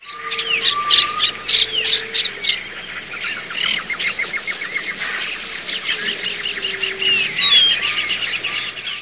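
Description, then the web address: Birds calling in a dense chorus: many overlapping chirps, whistles and trills against a steady high hiss, with occasional lower whistled notes. "特酷声音素材库 动物 鸟 Bird"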